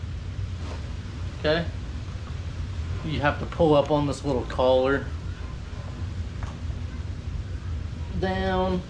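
Someone talks while pulling up the collar of a ball-lock gas quick disconnect and lining it up over the gas post of a keg before pushing it down. Only soft handling noise is heard under the talking, along with a brief faint tap. Nothing has seated or clicked yet.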